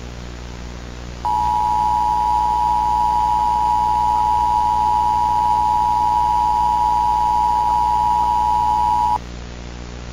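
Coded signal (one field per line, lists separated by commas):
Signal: Emergency Alert System (SAME) tones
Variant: 853 and 960 Hz attention tone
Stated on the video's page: Remastered fictional EAS scenario, a recreation of an earlier version.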